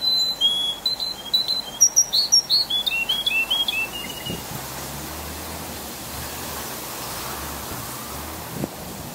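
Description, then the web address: Canary song: a quick series of high chirps and whistled notes for about four seconds, then only a steady background hiss. "Bird Songs Canary"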